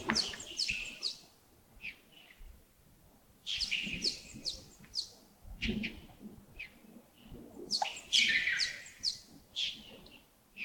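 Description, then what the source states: Bird chirps and twitters in clustered bursts, high and sharp. Birds recorded in early morning at Yagongding (亚公顶), 28 December 2025, about 07:40.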